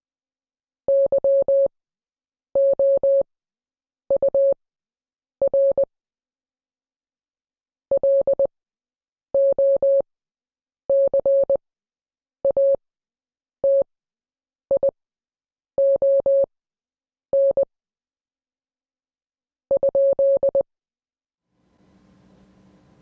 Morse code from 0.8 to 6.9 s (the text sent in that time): YOUR